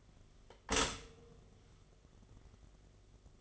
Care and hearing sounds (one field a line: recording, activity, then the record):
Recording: daily activity, microphone in the room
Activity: stop toaster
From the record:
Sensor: 4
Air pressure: 1015.5 hPa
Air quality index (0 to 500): 203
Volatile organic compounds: 11 ppm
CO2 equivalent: 2267 ppm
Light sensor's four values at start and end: 4/9/3/3 and 4/9/3/3